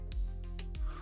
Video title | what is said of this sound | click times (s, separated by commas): Nemesis Reviews Transformers Missing Link C-10 Ultra Magnus | They click into place. You can hear that. You can hear that click. | 0.6 s